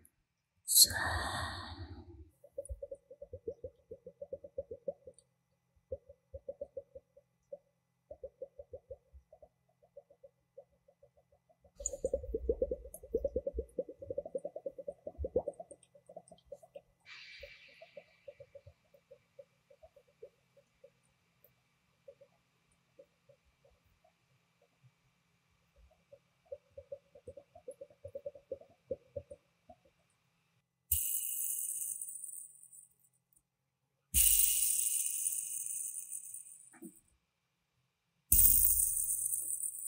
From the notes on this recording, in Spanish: Desde el suave sonido de las uñas en un tubo azul al deslizarse, hasta el crujido de las bolitas de gel